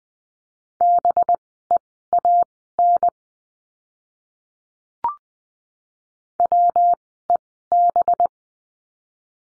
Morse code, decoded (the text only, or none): BEAN WEB